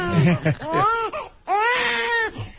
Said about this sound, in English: What's going to be running through the father's mind when he hears his baby cry?